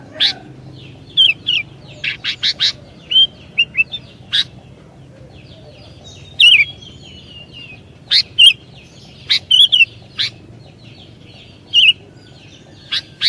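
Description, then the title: Sooty-headed bulbul chirping: short, sharp, slightly whistled notes in irregular bursts and pairs. "kutilang"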